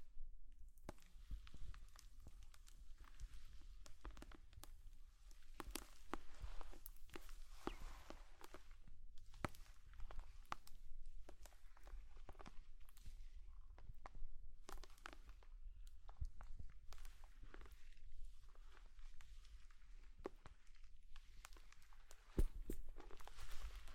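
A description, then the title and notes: Slime is squished and pressed, giving a constant stream of wet crackles, pops and sticky clicks in quick irregular bursts. A low soft rumble sits underneath throughout, and a sharper, louder snap stands out near the end. ASMR Slime sounds for sleep, tingles and relaxation.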